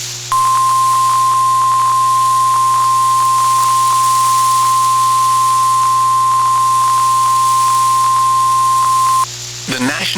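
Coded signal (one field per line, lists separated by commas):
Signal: Emergency Alert System (SAME) tones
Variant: 1050 Hz attention tone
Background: speech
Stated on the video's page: Alerts recorded via SDR and car radio, mostly from NOAA Weather Radio station WXJ41; recording glitched.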